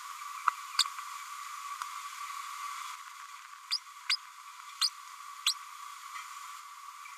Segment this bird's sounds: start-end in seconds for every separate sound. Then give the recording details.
0.78-0.84, 3.70-3.79, 4.09-4.16, 4.81-4.89, 5.46-5.54. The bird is a female. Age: 31 days. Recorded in a nest box in Venezuela. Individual 17B102A5